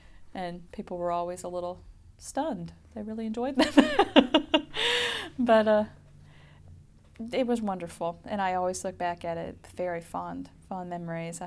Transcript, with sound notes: and people were always a little stunned. They really enjoyed them. (she laughs) But it was wonderful and I always look back at it very fond, fond memories.